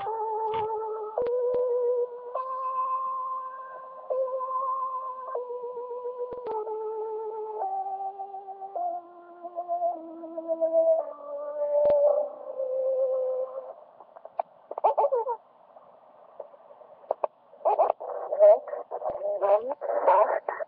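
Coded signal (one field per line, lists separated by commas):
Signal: numbers station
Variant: East German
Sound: a stepping electronic tone melody, then short distorted spoken syllables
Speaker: I'll play you a little clip of what one of them sounded like here this is from East Germany during the Cold War it ran from the early 1950s clear until around 2000 but here it is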